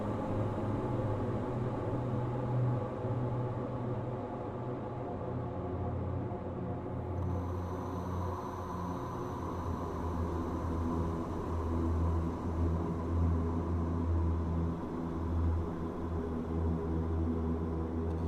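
A steady low humming and rumbling fills a creepy cave, with thick, wavering drone tones and a faint high whine appearing after about seven seconds.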